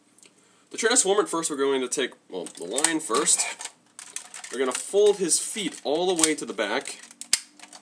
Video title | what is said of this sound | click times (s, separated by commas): Power Rangers Ninja Storm: Storm Megazord Review | like that this one will click in place at least for Mine mine's too loose so that's why it's not you know really working | none